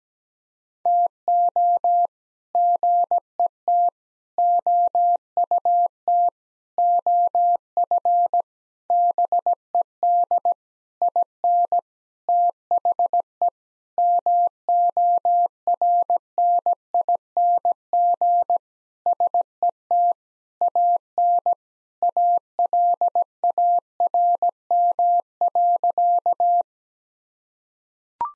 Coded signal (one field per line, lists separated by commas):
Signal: Morse code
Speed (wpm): 17 wpm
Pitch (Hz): 700 Hz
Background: none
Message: TO GET OUT OF BED IN THE MORNING SET AN ALARM.